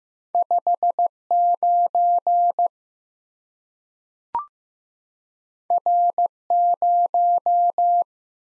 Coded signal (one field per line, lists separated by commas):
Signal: Morse code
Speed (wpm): 15 wpm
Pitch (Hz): 700 Hz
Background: none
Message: 59 R0